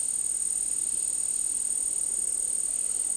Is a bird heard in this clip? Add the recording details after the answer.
no. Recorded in dense forest near Puerto Asís, Putumayo, Colombia, on 20 February 2024 at 17:00. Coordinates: 0.499, -76.324. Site G6469